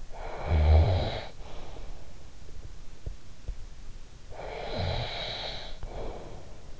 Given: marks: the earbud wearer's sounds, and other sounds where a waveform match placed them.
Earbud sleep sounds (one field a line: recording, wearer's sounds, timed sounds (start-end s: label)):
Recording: sounds in sleep by an in-ear microphone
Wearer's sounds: snoring breath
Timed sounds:
0.01-2.09 s: snoring breath
4.24-6.80 s: snoring breath